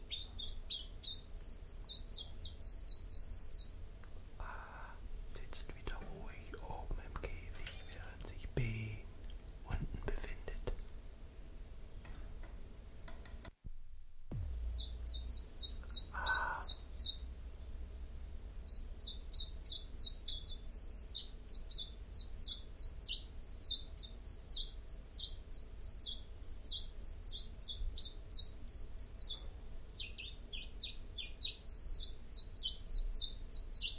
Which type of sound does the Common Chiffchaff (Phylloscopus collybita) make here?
song